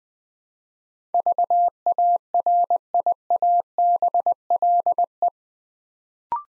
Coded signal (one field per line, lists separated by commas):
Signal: Morse code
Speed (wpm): 20 wpm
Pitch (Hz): 700 Hz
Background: none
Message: VARIABLE